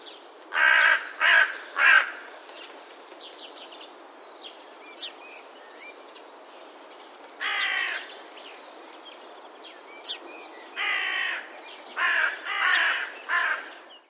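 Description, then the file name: Carrion crow cawing, harsh raspy caws in bursts: three early, one near eight seconds, then four more close together toward the end, with faint bird notes between. "corneille noire"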